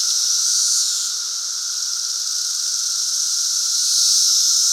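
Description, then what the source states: Cicadas in a dense chorus, a steady high buzzing drone that swells and fades, with a louder surge near the end and a faint constant lower tone beneath. Cicadas at Lincoln's Cabin.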